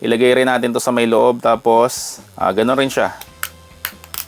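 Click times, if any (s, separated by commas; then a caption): 3.4 s, 3.9 s. A photo is placed inside a rectangular acrylic fridge magnet, and the acrylic cover is pressed closed onto the acrylic frame. Someone talks over background music, then sharp snaps are heard at 3.4 s and 3.9 s, with smaller ticks after. The cover snaps shut and is closed, as hearing the snap means it has closed.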